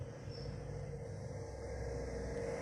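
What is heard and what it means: A laptop SO-DIMM memory module is being handled at the motherboard memory slot of an Acer Aspire V5 netbook during an upgrade to 4GB. Only a steady low rumble and broadband hiss with a constant hum near 500 Hz is heard, with no distinct sharp sounds. Nothing has seated or clicked yet.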